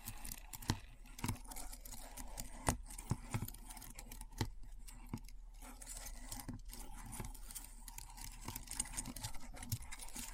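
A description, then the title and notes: Keyboard sounds: irregular clicks and taps strike several times a second, each a sharp crisp snap, some louder than others. Between keystrokes a low steady hum runs underneath, and the tapping keeps an uneven rhythm throughout, with a few brief pauses. ASMR Keyboard Sounds (No Talking).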